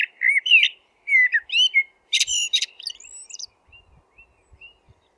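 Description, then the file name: Eurasian blackbird song with mellow rising and falling whistles, then a burst of high, scratchy twitter, fading into a few soft quiet notes. "merel zang"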